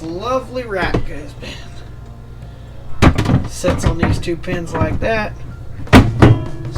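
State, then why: Seated. A rack is set onto two mounting pins inside a vintage refrigerator being repaired, while someone talks over music playing underneath. A short, sharp snap at 6.2 s marks the rack seating into place on the pins.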